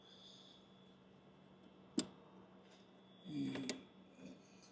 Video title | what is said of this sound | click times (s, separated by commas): JLT Intake for 2016-19 Cadillac CTS-V 6.2L - Install | And again, you're going to want to push the MAF sensor on and then push that red locking tab | 2.0 s, 3.7 s